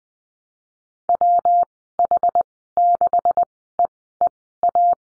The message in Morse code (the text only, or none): WH6EEA